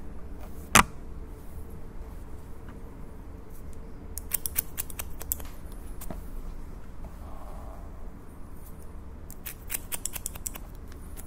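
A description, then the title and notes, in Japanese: Scissors cut in short crisp snips, one sharp loud snip near the start, then bursts of rapid clicks over a low steady indoor hum. (ASMR)ハサミでカット。ホワイトノイズよりの音となります。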